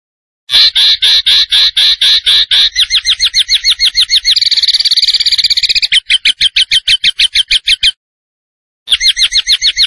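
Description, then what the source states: Tembakan bird song: a long series of rapid, high, chattering notes whose speed and pitch shift between phrases, ending after a short pause with another trill. Master recording used to train cage birds, featuring a gacor (vigorously singing) bird.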